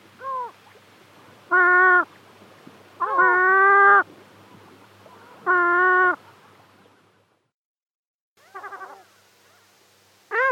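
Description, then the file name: Caspian gull calls, several loud nasal wails, then a short run of quicker notes and a final cry after a pause. "Hohotunya Larus cachinnans"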